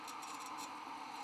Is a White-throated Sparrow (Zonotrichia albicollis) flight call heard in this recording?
no